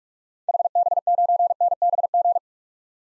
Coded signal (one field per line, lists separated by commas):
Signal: Morse code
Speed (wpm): 44 wpm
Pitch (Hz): 700 Hz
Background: none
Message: HB9NBG